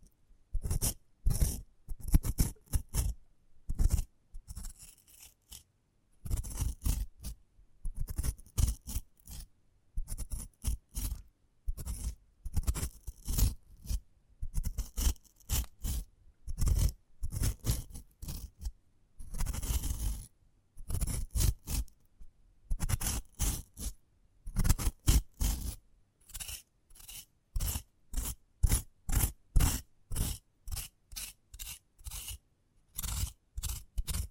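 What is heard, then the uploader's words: Sprouted coconut ASMR: crisp scraping and cutting strokes in irregular bursts, quickening after about 25 seconds into a fast, regular run of short scrapes. ASMR of a Sprouted Coconut (No Talking).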